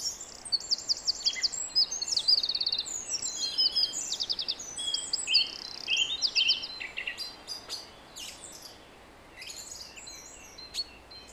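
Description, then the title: Song thrush singing crisp repeated phrases early on, then a sparse stretch with brief high notes and quieter pauses. Recorded at 06h in Durenne. "Zanglijster 06h Durenne"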